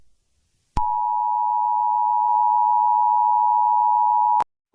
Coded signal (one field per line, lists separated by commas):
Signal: Emergency Alert System (SAME) tones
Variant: 853 and 960 Hz attention tone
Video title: Lo so raptor(a Jurassic Park novel eas scenario) along horror